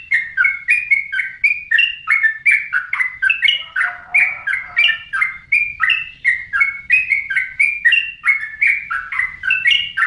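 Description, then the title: Songbird singing a fast stream of bright chirping and whistled phrases, with a few brief lower notes partway through. Songbird song used as training audio for other songbirds. "Masteran Burung"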